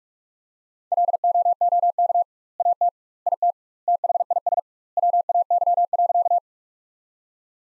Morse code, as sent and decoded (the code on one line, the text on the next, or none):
.-.. --- --- -.- / .- - / .. - / - .... .. ... / .-- .- -.-- .-.-.-
LOOK AT IT THIS WAY.